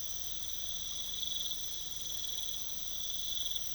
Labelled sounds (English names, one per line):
none